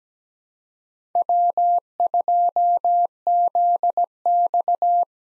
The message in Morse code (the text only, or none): W2ZX